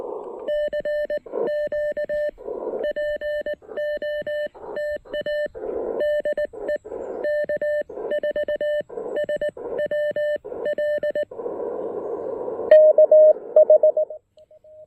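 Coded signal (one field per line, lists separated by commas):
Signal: Morse code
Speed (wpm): 19 wpm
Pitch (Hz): 590 Hz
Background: none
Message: CQ POTA DE K4SWL K S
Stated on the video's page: Park activation on 20M using an Elecraft KX1 with a PackTenna 20M EFHW antenna at a state park.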